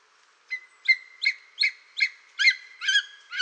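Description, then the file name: Greater spotted eagle giving a series of eight short yelping notes, a little under three per second; no other sounds. "orlikgrubodzioby"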